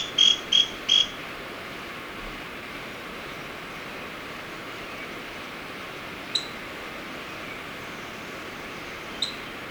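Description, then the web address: Scale-crested pygmy-tyrant rattling off three quick, high, sharp notes at the start, followed by long steady hiss and a couple of faint ticks. Recorded in Ecuador. "Birds of Ecuador 3 Scale-Crested Pygmy-Tyrant"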